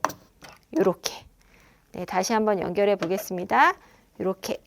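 A suction regulator's connector is released from a wall-mounted vacuum outlet by pressing its release. A single sharp mechanical click at 0.0 s marks it coming free, and someone then talks. The regulator is detached from the outlet.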